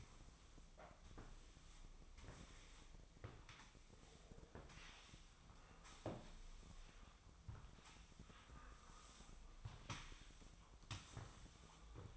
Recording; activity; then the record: daily activity, microphone in the room; sweep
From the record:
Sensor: 1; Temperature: 24.0 degrees Celsius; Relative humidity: 35.2%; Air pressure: 1004.7 hPa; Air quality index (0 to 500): 97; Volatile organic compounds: 3 ppm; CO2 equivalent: 1324 ppm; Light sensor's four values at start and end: 9/22/8/9 and 8/19/8/8